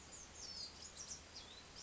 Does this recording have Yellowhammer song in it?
no